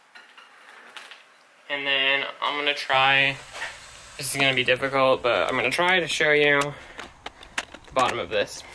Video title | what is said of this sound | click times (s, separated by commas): the BEST WAY to play POKÉMON GO on your BIKE! | and then push it down and you'll hear it click | 1.0 s, 1.1 s